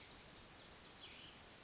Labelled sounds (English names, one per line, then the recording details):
Brown Creeper
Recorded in Sonoma County, California